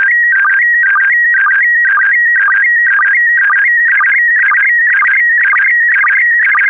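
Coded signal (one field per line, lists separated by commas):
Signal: SSTV (slow-scan television)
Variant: PD120 mode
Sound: warbling electronic tone hopping between pitches, with a short low blip twice a second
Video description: When ready, un-pause this video and start to decode * this is a 2 minutes test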